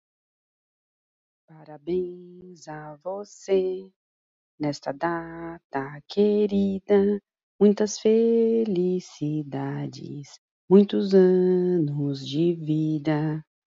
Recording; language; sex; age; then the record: short text; Brazilian Portuguese; female; 40 to 49 years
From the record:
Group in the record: control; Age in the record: 48 years